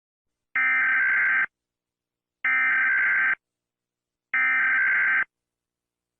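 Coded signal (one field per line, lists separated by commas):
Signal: Emergency Alert System (SAME) tones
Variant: header bursts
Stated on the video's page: Unknown EAS warning found on a USB drive bought off eBay.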